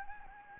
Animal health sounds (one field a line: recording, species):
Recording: mosquito wingbeat signal from an infrared sensor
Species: Anopheles gambiae